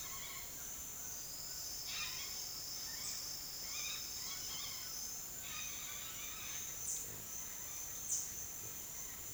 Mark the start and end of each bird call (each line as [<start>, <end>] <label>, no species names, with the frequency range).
[0.00, 0.51] bird call (0.5-6.3 kHz)
[1.76, 6.61] bird call (1.0-5.9 kHz)